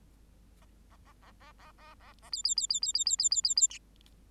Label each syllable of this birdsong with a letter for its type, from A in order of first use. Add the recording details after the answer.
A A A A A A A A A B B B B B B B B B B B C. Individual Bird8